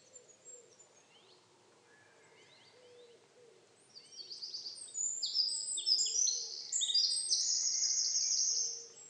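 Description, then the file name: Eurasian wren song: a loud outpouring of very high, rapid trills and sharp notes that begins after a few quiet seconds. "Troglodytes troglodytes"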